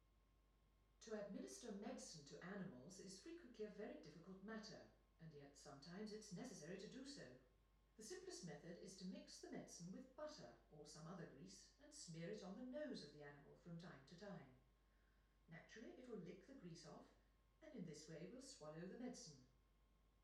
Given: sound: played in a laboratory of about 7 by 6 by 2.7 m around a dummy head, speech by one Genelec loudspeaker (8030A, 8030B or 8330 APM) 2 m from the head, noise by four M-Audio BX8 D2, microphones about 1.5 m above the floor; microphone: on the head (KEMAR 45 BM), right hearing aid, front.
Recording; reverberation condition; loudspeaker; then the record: female speech in English; medium; 150 degrees to the left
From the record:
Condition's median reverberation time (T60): about 510 ms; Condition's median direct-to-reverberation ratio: about -0.5 dB